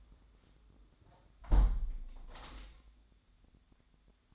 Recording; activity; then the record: daily activity, microphone in the room; close window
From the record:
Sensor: 3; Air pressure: 1006.5 hPa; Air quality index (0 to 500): 207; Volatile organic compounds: 19 ppm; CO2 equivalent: 2644 ppm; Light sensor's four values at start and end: 10/24/10/10 and 10/24/10/10